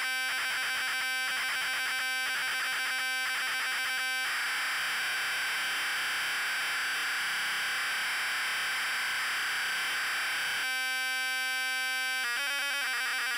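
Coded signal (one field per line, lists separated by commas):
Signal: ZX Spectrum tape loading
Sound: buzzy rhythmic bursts, a long hiss, a steady square-wave tone, then harsh warbling data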